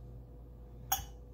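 A metal crown cap is placed into the magnetic head of a bottle capper, and the magnet pulls it up with a sharp metallic click at 0.9 s over a low, steady background hum. The cap snaps onto the magnet and is seated in the capper head.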